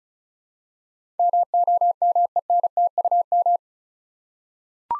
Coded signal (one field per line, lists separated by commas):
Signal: Morse code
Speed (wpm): 36 wpm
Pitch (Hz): 700 Hz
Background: none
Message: MOMENTUM